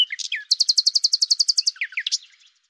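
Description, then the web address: Common nightingale song phrase: a few chirps, then a long, fast, very even series of loud high notes, finishing with slurred downward whistles. "cianscape birddata Deverinetal 2025 Bird Lu Me"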